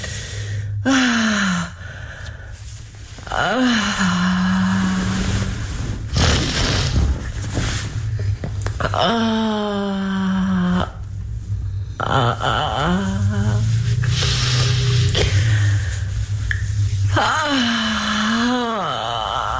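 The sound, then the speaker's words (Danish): A woman's voice cries and screams in long, wavering, pitch-bending wails broken by sharp gasps, with rough growled sounds between, all over a steady low drone. “Altså, hun græder, og hun skriger, og hun growler.”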